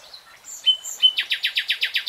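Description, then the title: Nightingale song: a couple of clear whistles, then a rapid train of loud, harsh repeated notes. Real-time recording. "[Tiếng chim hót] REALTIME Nightingale Singing"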